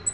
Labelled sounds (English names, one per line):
Black-throated Green Warbler flight call